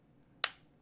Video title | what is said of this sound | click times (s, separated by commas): Monday Stream Chat! 6-1-20 | you rotate it again. Locks | 0.4 s